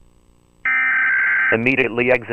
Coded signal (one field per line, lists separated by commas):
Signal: Emergency Alert System (SAME) tones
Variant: header bursts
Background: speech